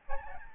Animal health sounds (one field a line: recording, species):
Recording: mosquito wingbeat signal from an infrared sensor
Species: Aedes albopictus